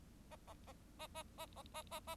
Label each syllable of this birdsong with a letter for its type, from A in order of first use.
A A A A A A A A A A